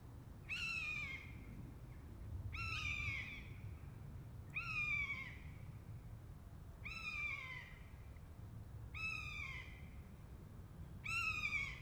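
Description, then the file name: Buzzard mewing repeatedly, six downward-slurred cries roughly every two seconds, clear and strong. A pair of buzzards. "jl buzzard pair"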